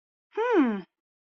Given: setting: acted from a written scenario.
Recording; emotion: vocal sound without words; contempt